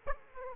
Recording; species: mosquito wingbeat signal from an infrared sensor; Aedes aegypti